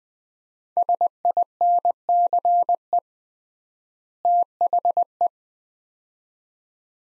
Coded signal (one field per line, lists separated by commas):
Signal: Morse code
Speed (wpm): 21 wpm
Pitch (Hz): 700 Hz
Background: none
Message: SINCE THE